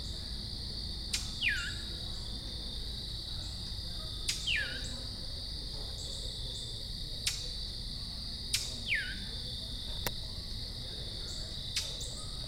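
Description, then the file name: Brown thrasher calls: a sharp downslurred note, given several times at intervals of a few seconds, over a steady high insect chorus and a few faint clicks. Recorded in Calvert, Maryland, on 2 October 2010. "Brown Thrasher Calvert MD 20101002"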